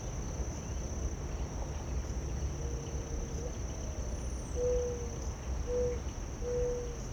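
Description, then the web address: Crickets keep up a continuous high trill while a dove gives several soft, low coos in the later part, over low rumbling noise. Recorded in late summer, crickets heard together with doves. "WIB-Electa Quinney. Late Summer Crickets, Doves"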